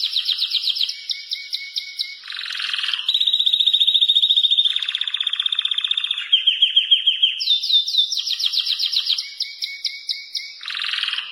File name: canto do canario topete alemao